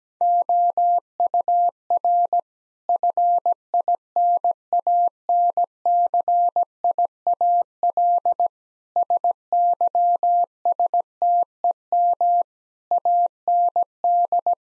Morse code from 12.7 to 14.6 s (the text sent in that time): AND